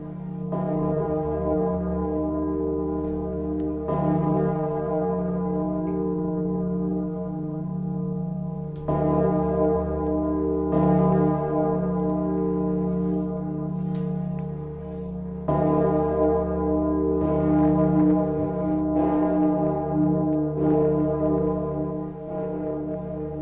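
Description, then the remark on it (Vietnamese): A deep temple bell tolls slowly, each strike every few seconds blooming into a long, humming resonance that overlaps the next, with no voices present. “Mỗi một cái quỳ lạy, tóc ở trên đầu hắn từ từ rụng xuống, cho đến khi hồi chuông dứt, hắn đã trở thành một hòa thượng chọc đầu, từ từ lầm lũi đi về phía ngôi chùa.”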